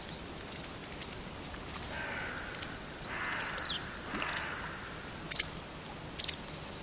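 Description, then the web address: Bird calls: short, very high chirps repeated about once a second, often doubled and growing louder toward the end, with a softer lower rustle in the middle and a steady background hiss. "Deverinetal 2025 File origin Bird Only"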